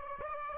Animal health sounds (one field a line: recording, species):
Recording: mosquito wingbeat signal from an infrared sensor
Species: Aedes aegypti